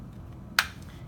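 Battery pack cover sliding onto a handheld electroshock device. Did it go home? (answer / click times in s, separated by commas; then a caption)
yes / 0.6 s. The top battery pack cover of a TASER Pulse+ handheld electroshock device is slid back into place over the inserted battery pack. A single sharp click sounds at 0.6 s against a quiet low background. The cover is seated in position.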